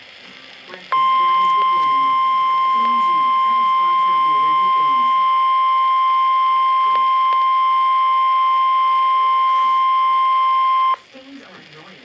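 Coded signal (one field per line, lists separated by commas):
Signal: Emergency Alert System (SAME) tones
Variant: 1050 Hz attention tone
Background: speech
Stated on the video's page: Severe thunderstorm warning SAME tones; receiver alarm did not activate because its SAME filter was set to other counties.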